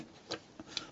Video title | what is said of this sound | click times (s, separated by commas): Transformers K.O. 'Oversize' G1 MONSTRUCTOR Review | you get it on and the nice little satisfying click they stay in there you go they're not going anyway now | 0.3 s, 0.8 s